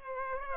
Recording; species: mosquito wingbeat signal from an infrared sensor; Culex pipiens